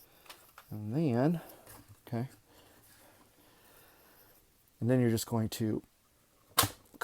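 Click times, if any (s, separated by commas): 7.0 s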